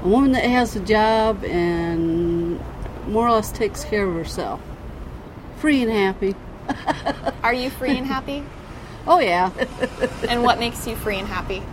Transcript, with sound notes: A woman who has a job and more or less takes care of herself. Free and happy. (laughter)
Are you free and happy?
Oh, yeah.
And what makes you free and happy?